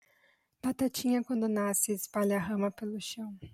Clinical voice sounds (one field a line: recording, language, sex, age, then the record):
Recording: short text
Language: Brazilian Portuguese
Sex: female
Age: 20 to 29 years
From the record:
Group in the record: control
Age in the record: 23 years